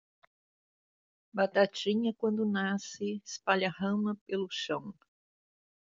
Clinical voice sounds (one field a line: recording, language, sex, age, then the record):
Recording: short text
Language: Brazilian Portuguese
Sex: female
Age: 60 to 69 years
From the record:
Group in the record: control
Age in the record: 62 years